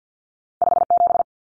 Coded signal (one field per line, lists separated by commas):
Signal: Morse code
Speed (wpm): 50 wpm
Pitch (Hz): 700 Hz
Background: none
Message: 57